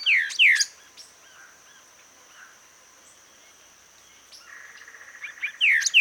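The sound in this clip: Bird calls: a pair of sharp downslurred whistles at the start and again at the end, separated by softer notes, with a continuous thin high hum.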